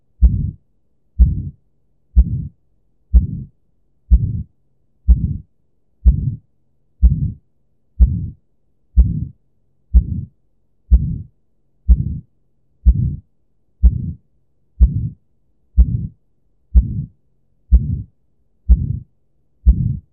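Simulated heart sounds of aortic stenosis: a regular beat at about 62 per minute, each beat followed by a low-pitched murmur.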